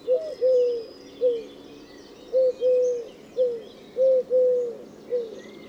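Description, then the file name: Eurasian collared dove cooing: low three-note phrases, short then long then short, repeated three times in steady rhythm. "Tourterelle turque Streptopelia decaocto Olivier Swift"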